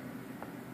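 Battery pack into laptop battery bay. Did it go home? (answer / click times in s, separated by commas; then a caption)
yes / 0.4 s. A laptop battery pack is set into its bay back end first and pressed down until it snaps into place. A single short snap is heard at 0.4 s over a steady low background hum, and the battery is seated.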